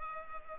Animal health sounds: mosquito wingbeat signal from an infrared sensor; Culex pipiens

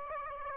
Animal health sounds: mosquito wingbeat signal from an infrared sensor; Aedes aegypti

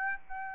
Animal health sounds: mosquito wingbeat signal from an infrared sensor; Aedes aegypti

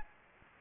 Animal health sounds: mosquito wingbeat signal from an infrared sensor; Aedes aegypti

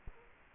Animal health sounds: mosquito wingbeat signal from an infrared sensor; Culex quinquefasciatus

